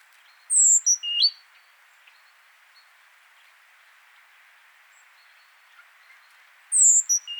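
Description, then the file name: Great tit calls: a quick phrase of high descending notes and chips, then a long pause before the phrase begins again. "Parus major"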